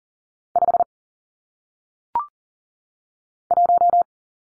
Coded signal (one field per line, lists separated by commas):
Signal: Morse code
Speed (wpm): 38 wpm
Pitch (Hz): 700 Hz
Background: none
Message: 5 1